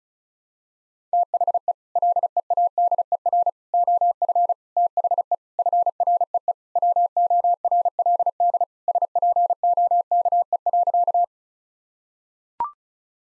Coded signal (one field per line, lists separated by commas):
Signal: Morse code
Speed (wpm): 36 wpm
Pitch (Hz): 700 Hz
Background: none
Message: THE LEADER OF THE FREE WORLD SPOKE.